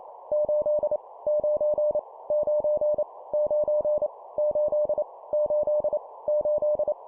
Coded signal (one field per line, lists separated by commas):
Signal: Morse code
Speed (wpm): 28 wpm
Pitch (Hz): 600 Hz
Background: none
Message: 8 9 9 9 8 8 8